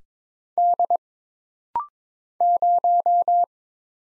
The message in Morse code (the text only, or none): D 0